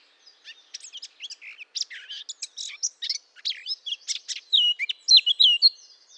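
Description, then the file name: Eurasian blackcap song, a fast scratchy warble of varied high notes that grows louder and ends in clearer whistled phrases. "Sylvia atricapilla"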